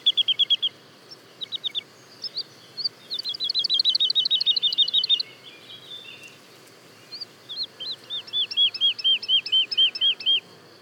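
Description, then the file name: Woodlark song in several phrases of rapid repeated whistled notes, some rising, some looping, with short pauses between runs. Daytime song and duet, recorded at Le Puech, France. "alouette lulu chant de jour et duett Le Puech F"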